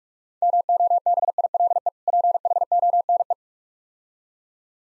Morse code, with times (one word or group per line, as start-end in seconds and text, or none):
0.4-1.9 MOBILE
2.1-3.3 PHONE